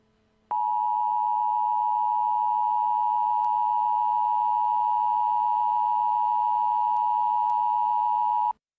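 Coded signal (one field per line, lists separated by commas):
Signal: Emergency Alert System (SAME) tones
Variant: 853 and 960 Hz attention tone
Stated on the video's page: Fictional EAS scenario of Alaska Shelter In Place Warnings.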